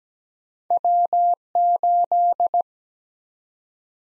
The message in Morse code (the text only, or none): W 8